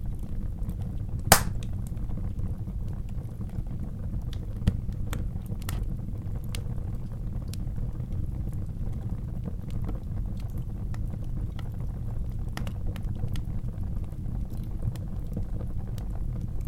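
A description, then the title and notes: Wood burns in a fireplace with a steady, deep low rumble underneath. Sharp crackles and pops break through irregularly, the loudest snap near the start at about one second and another around five seconds, with smaller ticks scattered throughout. Wood burning in the fireplace. Recorded close-up with a Sony PCM D100. Fire burning in the fireplace. Lots of low end and crackling.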